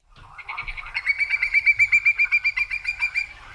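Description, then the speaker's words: Hudsonian whimbrel giving a rapid, even series of many quick whistled notes on one pitch, loudest in the middle and fading at the end. Migratory Hudsonian whimbrel. "That is the call of a whimbrel, and if it sounds familiar, don't be surprised if you see shorebird scientists mulling around your backyard or trudging through your local salt marsh next week."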